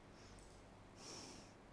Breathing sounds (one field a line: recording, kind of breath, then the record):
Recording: one breath in and out by a microphone near the nose and mouth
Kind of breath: normal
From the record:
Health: marked as sick, illness not named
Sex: female